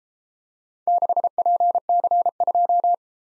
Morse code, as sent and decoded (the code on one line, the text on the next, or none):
-.... .--. -.-. ..---
6PC2